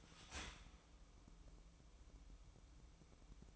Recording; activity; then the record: daily activity, microphone in the room; start toaster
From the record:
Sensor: 1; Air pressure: 1007.2 hPa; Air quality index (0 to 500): 76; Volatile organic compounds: 1 ppm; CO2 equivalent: 663 ppm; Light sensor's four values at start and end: 7/16/7/7 and 7/16/7/7